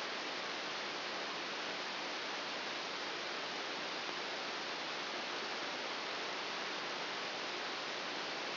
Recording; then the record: brain microelectrode recording played as sound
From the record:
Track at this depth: inside the subthalamic nucleus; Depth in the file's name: 2.004 mm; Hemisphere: right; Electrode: 2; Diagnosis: Parkinson's disease